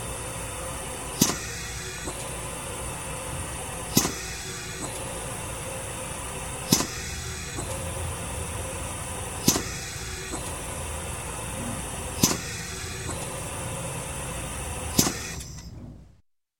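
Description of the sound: A steady mechanical hum runs throughout, broken by sharp hissing air releases about every 2.8 seconds, six in all, roughly 22 a minute. This is a hospital ventilator compressor cycling and venting air.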